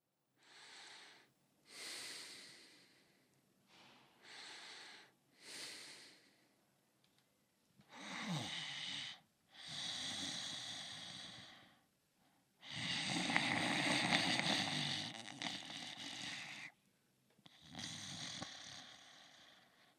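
Airy breath noises, brief puffs at first, then longer drawn-out breaths with a low, rattling flutter, the longest lasting about four seconds. Calm, long snoring by an adult; mouth sounds.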